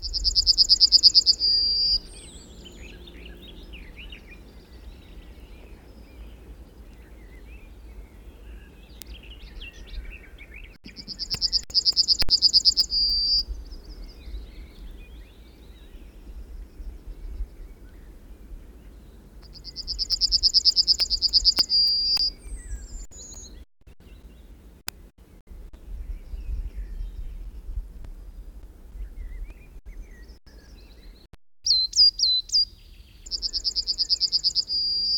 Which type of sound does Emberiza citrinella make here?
song